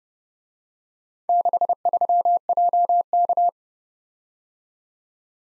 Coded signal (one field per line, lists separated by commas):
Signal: Morse code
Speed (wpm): 29 wpm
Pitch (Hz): 700 Hz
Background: none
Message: 63JK